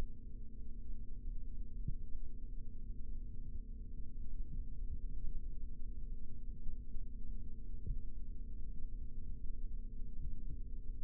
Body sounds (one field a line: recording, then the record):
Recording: forearm muscle sounds (acoustic myography)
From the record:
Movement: rest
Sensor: system 3, bracelet of six PUI Audio POM-2738L microphones around the upper forearm, with dedicated amplification and filtering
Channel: 3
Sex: male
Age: 26 years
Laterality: right